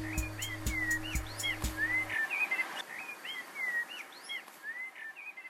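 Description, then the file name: Bird song of varied whistled phrases, slurred upward and downward notes tumbling quickly, over a low mechanical hum with regular thumps during the first two seconds. "sylvainpoujois chant oiseau"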